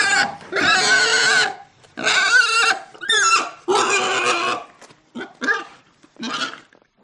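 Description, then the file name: Pig squealing in loud, shrill, drawn-out bursts, several lasting about a second, followed by shorter squeals toward the end. "audio hero Pig"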